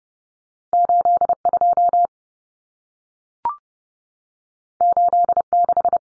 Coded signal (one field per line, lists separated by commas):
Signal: Morse code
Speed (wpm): 30 wpm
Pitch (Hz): 700 Hz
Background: none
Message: 82 86